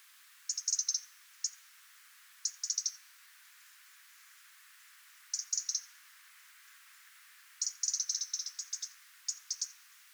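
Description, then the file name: European robin tick calls, high clicks in rapid clusters, repeated several times with pauses between. "Erithacus rubecula"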